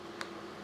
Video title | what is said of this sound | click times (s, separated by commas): You Can Install A Third Function Valve Part 2 | you just slide down in there and that causes them to lock into place | 0.2 s